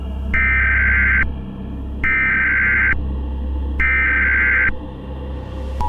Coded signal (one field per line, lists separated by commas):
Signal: Emergency Alert System (SAME) tones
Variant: header bursts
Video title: EAS Scenario #37 The Halloween Moon Part 1